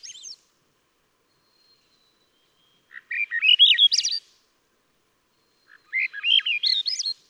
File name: Swainson's Thrush